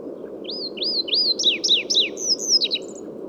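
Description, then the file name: Chestnut bunting song: a quick phrase of slurred high whistles, first rising notes then falling swoops, ending in short high ticks, over a steady low rumble. "Ocyris rutilus song"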